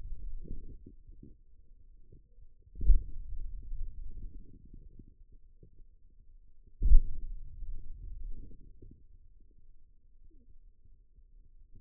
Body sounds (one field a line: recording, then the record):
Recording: forearm muscle sounds (acoustic myography)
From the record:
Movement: hand opening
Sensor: system 2, bracelet of six BSWA MPA416 microphones around the upper forearm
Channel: 1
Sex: male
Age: 22 years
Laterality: right